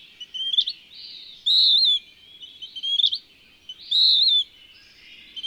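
Bird delivering two long high whistled phrases separated by short sharp rising chips, in a quiet setting.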